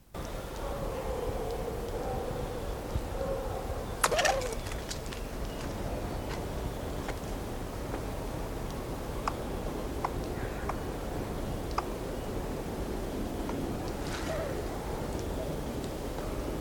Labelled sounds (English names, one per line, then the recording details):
Eurasian Red Squirrel call
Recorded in the wild
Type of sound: call
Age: adult
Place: Summt, am Buchenberg, Brandenburg, DE
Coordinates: 52.695, 13.3594
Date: 1981-04-12 15:14
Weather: sunny, 20°C
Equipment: Nagra SN, Kopie Uher 4200
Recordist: Tembrock, Günter
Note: Erregungslaute auf Kiefer